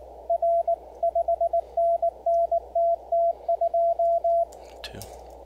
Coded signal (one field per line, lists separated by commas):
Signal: Morse code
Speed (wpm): 19 wpm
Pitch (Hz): 680 Hz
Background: radio noise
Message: R 5NN TT2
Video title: Improving Your CW Speed with Morse Runner